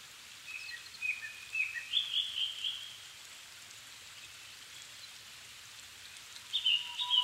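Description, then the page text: Japanese thrush with a descending-then-rising series of whistled notes, a pause, then a new phrase starting, over steady background hiss. Japan, 7 May 2011 at 17:59 in the evening, altitude 270 m; recorded on a Sony PCM-D50 with Panasonic WM-61A microphones. "kurotugumi-20110507-1759. Turdus cardis [Sounds -Nikko Today-]"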